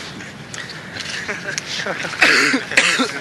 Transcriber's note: laughter